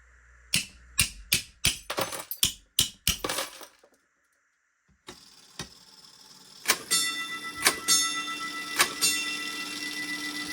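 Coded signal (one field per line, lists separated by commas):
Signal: coded fire alarm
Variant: Gamewell alarm box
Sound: roughly nine sharp metallic strikes, a pause, then clattering mechanism with ringing gong hits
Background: mechanical ticking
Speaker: The box would have then sent the specific code 345 to the alarm office. This would activate the fire patrol. As you can see in the video, the register would punch 3 times, pausing, punch 4 times, pausing, and punch 5 times. This would repeat 3 more rounds after the first round. The gong will repeat the same process. 3 strikes, pause, 4 strikes, pause, and 5 strikes. Now enough of the history. Let's get to the fun stuff.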